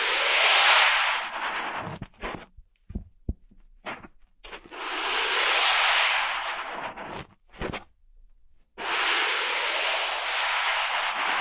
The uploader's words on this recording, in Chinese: 按摩耳朵，一些让人放松的声音。